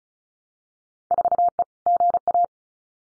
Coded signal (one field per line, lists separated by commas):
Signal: Morse code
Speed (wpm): 36 wpm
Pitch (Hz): 700 Hz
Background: none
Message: 4E GA